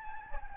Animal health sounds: mosquito wingbeat signal from an infrared sensor; Anopheles gambiae

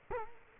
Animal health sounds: mosquito wingbeat signal from an infrared sensor; Culex quinquefasciatus

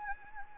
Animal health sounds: mosquito wingbeat signal from an infrared sensor; Anopheles gambiae

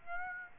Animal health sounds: mosquito wingbeat signal from an infrared sensor; Aedes aegypti

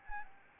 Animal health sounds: mosquito wingbeat signal from an infrared sensor; Anopheles arabiensis

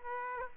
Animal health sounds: mosquito wingbeat signal from an infrared sensor; Aedes aegypti

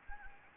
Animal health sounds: mosquito wingbeat signal from an infrared sensor; Anopheles gambiae

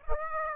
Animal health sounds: mosquito wingbeat signal from an infrared sensor; Aedes aegypti

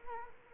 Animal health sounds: mosquito wingbeat signal from an infrared sensor; Culex quinquefasciatus

